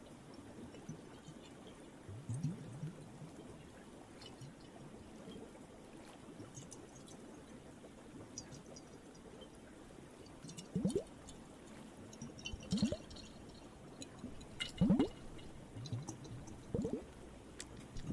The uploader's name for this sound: Ocean ASMR